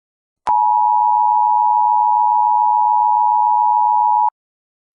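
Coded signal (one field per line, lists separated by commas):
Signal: Emergency Alert System (SAME) tones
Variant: 853 and 960 Hz attention tone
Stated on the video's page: Fictional EAS scenario.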